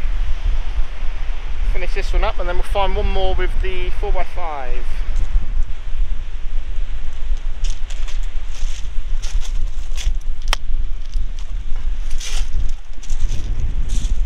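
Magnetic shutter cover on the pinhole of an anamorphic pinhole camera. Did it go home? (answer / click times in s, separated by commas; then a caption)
no / none. Someone talks while handling the magnetic shutter cover on the pinhole of an anamorphic pinhole camera, with a few brief sharp taps under steady background noise. The shutter is handled but not yet home; nothing has seated or clicked yet.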